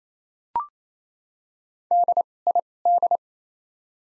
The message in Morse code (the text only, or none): DID